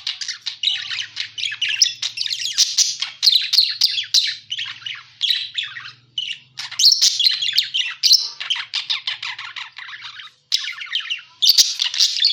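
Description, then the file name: Parakeet warbling chatter: long runs of busy, buzzy chirps and squeaks, pausing briefly a few times, with a faint low hum at times. Parakeet calls used as a lure sound for catching birds. "pancingan suara burung parkit"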